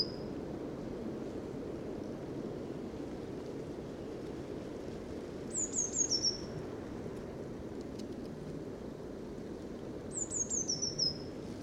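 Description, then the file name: Eurasian blue tit uttering two brief, high, falling whistled calls several seconds apart, after the tail of another at the very start, against a steady low background noise. "Cyanistes caeruleus"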